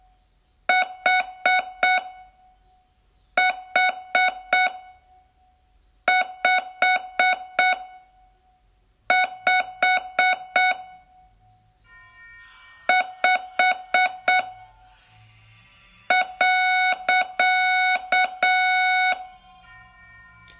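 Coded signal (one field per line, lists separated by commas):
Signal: Morse code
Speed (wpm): 7 wpm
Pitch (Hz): 740 Hz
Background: music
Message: H H 5 5 5 .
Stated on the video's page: Day 11 of a 42-day Morse code training course.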